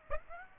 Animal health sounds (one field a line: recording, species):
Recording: mosquito wingbeat signal from an infrared sensor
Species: Aedes aegypti